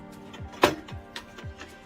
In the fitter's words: in the top locks into place foreign